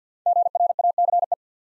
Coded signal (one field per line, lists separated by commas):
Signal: Morse code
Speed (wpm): 54 wpm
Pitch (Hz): 700 Hz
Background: none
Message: GRACE